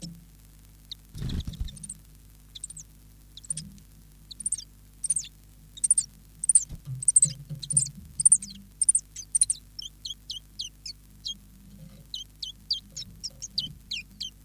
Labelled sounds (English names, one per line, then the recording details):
Common Chiffchaff
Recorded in captivity
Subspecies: collybita
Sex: male
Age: adult
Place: Zoologisches Institut Universität Tübingen, Baden-Württemberg, DE
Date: 1965-01-29 11:30
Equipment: Nagra III PH, LGS26
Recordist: Schneider, Hans-Joachim
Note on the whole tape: Kammer 1. Männchen blau/grün - gelb/blau. Weitere Informationen als Ansagen auf dem Band. Auch Aufnahmen vom 03. Februar 10 Uhr 45. MaAs: M.Sch